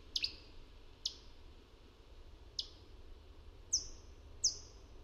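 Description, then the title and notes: Marsh warbler giving sharp, high chip notes, single or paired, spaced irregularly, the last two sliding downward, over a quiet background. "Marsh Warbler (Myrsanger) by Sternklang"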